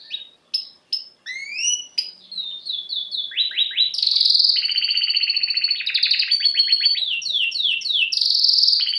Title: Esquente Seu Filhote E Canario Belga Macho Cantando Muito